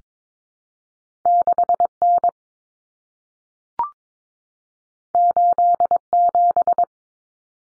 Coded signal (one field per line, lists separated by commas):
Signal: Morse code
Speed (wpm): 22 wpm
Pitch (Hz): 700 Hz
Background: none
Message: 6N 87